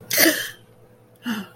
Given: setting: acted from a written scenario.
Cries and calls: vocal sound without words; romantic love

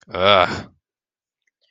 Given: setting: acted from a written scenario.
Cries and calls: vocal sound without words; disgust

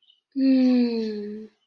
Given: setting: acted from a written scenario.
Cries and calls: vocal sound without words; ecstasy

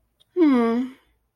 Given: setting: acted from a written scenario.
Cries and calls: vocal sound without words; romantic love

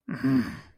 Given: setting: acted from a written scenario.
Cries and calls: vocal sound without words; anger

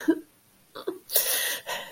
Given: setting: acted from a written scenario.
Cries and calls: vocal sound without words; sadness

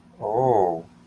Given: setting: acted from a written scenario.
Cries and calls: vocal sound without words; romantic love

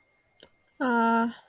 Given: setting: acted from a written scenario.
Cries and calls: vocal sound without words; serenity

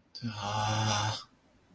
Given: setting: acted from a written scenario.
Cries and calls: vocal sound without words; shame

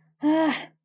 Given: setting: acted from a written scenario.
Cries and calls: vocal sound without words; anger

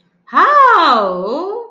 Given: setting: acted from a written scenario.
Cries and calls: vocal sound without words; negative surprise

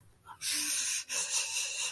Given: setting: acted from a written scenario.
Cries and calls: vocal sound without words; shame

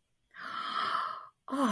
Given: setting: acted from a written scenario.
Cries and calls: vocal sound without words; awe

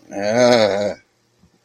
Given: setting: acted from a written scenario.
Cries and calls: vocal sound without words; distress

